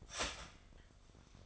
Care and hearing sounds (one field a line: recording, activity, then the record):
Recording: daily activity, microphone in the room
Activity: start toaster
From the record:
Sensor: 5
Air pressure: 1004.3 hPa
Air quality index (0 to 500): 168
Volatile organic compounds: 4 ppm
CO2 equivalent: 1580 ppm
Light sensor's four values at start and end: 34/108/41/41 and 34/108/40/41